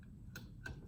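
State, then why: Seated. A ball is pushed into the barrel of a lab projectile launcher until the spring mechanism latches into the cocked position. Two clear clicks are heard at 0.4 s and 0.7 s over a low background hum. The ball is seated and the launcher is cocked.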